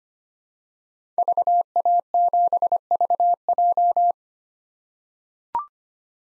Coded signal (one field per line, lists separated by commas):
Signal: Morse code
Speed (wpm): 25 wpm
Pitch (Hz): 700 Hz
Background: none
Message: VA7VJ